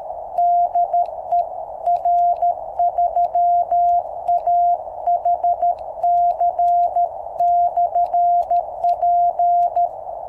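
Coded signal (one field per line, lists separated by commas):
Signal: Morse code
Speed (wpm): 13 wpm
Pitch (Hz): 700 Hz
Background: none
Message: DE R3AHC/P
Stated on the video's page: QRP CW on QCX-mini transceiver powered by 3x18650 cells, 10 m end-fed antenna with 1:64 balun on 7 m fishing-pole mast.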